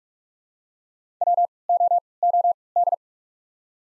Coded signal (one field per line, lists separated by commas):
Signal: Morse code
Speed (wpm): 47 wpm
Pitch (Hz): 700 Hz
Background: none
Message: W O O D